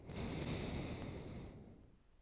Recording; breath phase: one breath near a microphone; exhalation